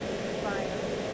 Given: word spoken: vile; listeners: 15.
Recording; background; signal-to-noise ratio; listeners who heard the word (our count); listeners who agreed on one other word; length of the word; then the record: one English word in noise, from a listening test; speech-shaped noise; -7.0 dB; 1 of 15; 8 of 15; 0.73 s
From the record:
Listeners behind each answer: 8, 2, 2, 1, 1, 1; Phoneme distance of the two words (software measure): 20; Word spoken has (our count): 1 syllable, 3 phonemes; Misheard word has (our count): 2 syllables, 3 phonemes, stress on syllable 1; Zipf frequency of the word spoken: 3.51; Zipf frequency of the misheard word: 5.18